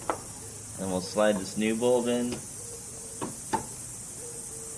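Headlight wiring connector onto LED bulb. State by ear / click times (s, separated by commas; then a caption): seated / 0.1 s. A wiring harness connector is pushed onto a new LED high-beam bulb for a Subaru WRX/STI headlight. It gives a sharp click at 0.1 s as it seats. Someone then talks over a steady high hiss, and a few faint taps follow.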